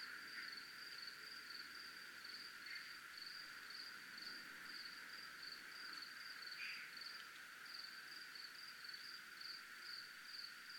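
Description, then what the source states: Cricket singing a constant high trill of rapid pulses, steady in rhythm, with a few faint lower buzzy notes in the background. Recorded in a military zone.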